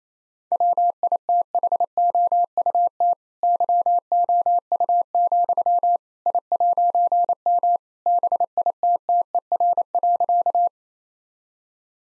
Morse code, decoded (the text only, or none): WITHOUT YOU, I'M BITTER.